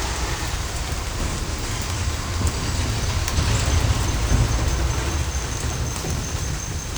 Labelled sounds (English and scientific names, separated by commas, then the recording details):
none
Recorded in dense forest near Puerto Asís, Putumayo, Colombia, on 16 December 2024 at 17:00
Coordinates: 0.467, -76.328
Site GP05